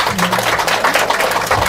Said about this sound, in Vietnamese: Xin quý vị hoan hỷ cho tràng pháo tay.